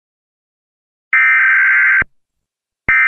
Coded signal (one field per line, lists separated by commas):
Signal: Emergency Alert System (SAME) tones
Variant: header bursts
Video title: eas and eas and eas